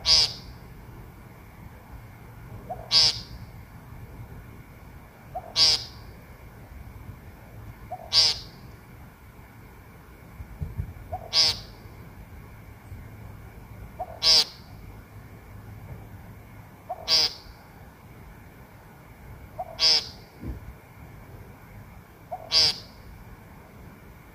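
A woodcock repeats a short, buzzy nasal call at a very steady pace, about once every three seconds, nine calls in all. Between calls there is only a low, quiet rumble, with a faint hum in the middle stretch.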